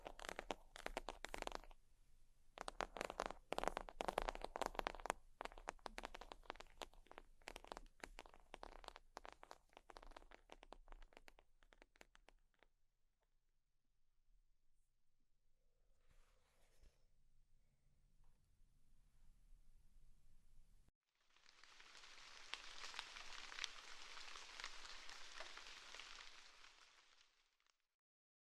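Sheets of paper are handled, with dense crinkling, scratching and quick taps packed into the first half, loudest around three to ten seconds. The activity thins into sparse faint rustles, then after a brief silence near 21 seconds a steady bright hiss of scraping runs until the end.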